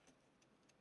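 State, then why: Not seated. A plastic light cover for a model starship kit frame is handled narrow end first beside the bulb. Only faint, soft handling noises are heard over a low background hum. Nothing has seated or clicked into place yet.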